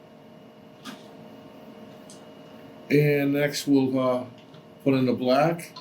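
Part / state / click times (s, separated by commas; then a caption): ink tube into printer ink manifold port / seated / 2.1 s. A yellow ink tube is pushed firmly onto the ink manifold of a BestCode industrial inkjet printer, with a sharp click at 2.1 s as the fitting seats. A steady low hum runs underneath, and someone talks from about 2.9 s onward.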